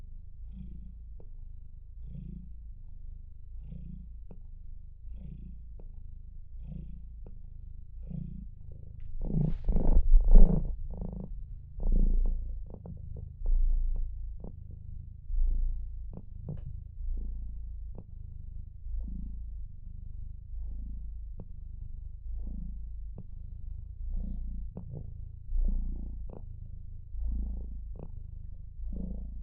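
A cat purrs steadily, a low rumble rising and falling in a regular rhythm about once a second. Around the ten-second mark the purring swells louder and rougher for a few breaths, then settles back into its even, unhurried pattern.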